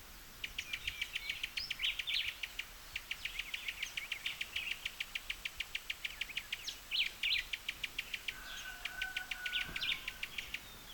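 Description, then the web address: Cuban tody calls: long runs of rapid, dry ticking notes, high-pitched and repeated several times a second, with a brief lower whistle near the end. "Cuban tody. صدای-پرنده-تودی-کوبایی"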